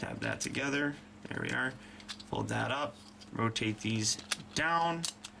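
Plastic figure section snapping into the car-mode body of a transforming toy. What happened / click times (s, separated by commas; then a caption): Handled, not yet home: plastic parts folded and rotated, no seating snap yet / none. Someone talks while folding, tabbing and rotating the plastic sections of a Transformers Prime (RiD) Deluxe Class Bumblebee action figure as it changes back into car mode, with light plastic handling clicks under the speech. The panel has not yet popped into place in the car-mode body; nothing has seated.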